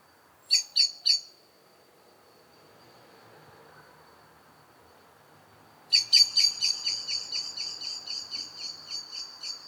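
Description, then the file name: Eurasian blackbird calls: three quick sharp notes, a pause, then a long rapid chattering series of clicking notes that gradually fades. "Turdus merula"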